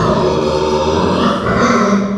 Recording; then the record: squeal of a Yucatan mini pig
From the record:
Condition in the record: after surgery on the right vocal fold (resection and tissue-engineered implant); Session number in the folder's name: 15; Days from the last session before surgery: 175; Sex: female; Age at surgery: 19 weeks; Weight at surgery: 25 kg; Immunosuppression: prednisolone